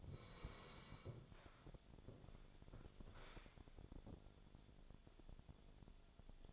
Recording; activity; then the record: daily activity, microphone in the room; sit down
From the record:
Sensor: 5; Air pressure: 1000.5 hPa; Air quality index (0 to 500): 142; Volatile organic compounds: 2 ppm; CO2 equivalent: 1100 ppm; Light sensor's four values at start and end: 44/103/43/45 and 44/104/43/45